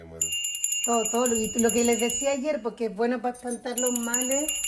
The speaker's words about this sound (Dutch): Ze klingelt met een belletje dat tussen de foto's hangt.